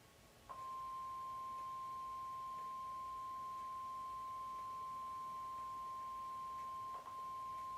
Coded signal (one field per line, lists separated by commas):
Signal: Emergency Alert System (SAME) tones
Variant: 1050 Hz attention tone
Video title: 6/21/26 Flash Flood Warning for Brazoria and Matagorda Counties (EAS #78)